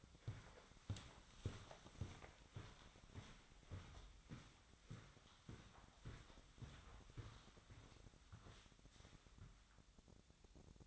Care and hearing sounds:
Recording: daily activity, microphone in the room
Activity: walk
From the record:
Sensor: 3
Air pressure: 1009.3 hPa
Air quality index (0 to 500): 191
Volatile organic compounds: 4 ppm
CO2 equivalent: 1546 ppm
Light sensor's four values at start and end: 57/147/65/67 and 57/147/65/67

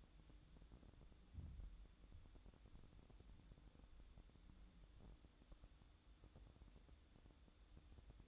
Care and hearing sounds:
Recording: daily activity, microphone in the room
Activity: make coffee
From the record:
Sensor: 3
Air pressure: 1007.3 hPa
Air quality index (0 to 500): 54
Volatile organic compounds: 1 ppm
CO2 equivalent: 590 ppm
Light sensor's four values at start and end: 8/18/7/7 and 8/18/7/7

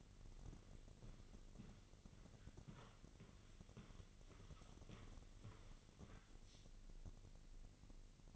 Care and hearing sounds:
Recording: daily activity, microphone in the room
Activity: walk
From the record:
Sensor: 4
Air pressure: 1002.5 hPa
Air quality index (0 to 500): 222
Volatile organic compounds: 13 ppm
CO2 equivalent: 2399 ppm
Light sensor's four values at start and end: 21/72/27/27 and 21/72/27/27

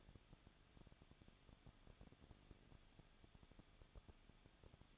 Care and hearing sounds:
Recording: daily activity, microphone in the room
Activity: no activity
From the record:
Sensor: 4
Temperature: 23.1 degrees Celsius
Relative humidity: 34.3%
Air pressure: 1007.2 hPa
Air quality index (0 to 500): 214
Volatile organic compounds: 15 ppm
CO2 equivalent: 2480 ppm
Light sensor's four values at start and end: 2/3/1/1 and 2/3/1/1

